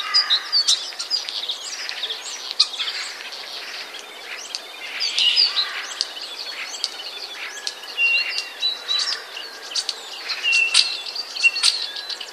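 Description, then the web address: Common Starling song, a jumble of clicks, crackles and short whistled notes with a few steady tones near the end. "wroblowe ptaki sturnus vulgaris. wroblowe ptaki szpak"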